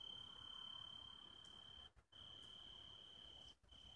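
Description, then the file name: Italian tree cricket singing a steady, pure trilled tone in long drawn phrases, broken by short pauses near two and three and a half seconds. "Oecanthus pellucens Radzikowski Pawel"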